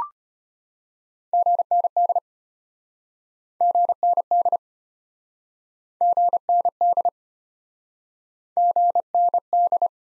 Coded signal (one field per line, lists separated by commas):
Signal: Morse code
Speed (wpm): 36 wpm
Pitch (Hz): 700 Hz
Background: none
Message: GND GND GND GND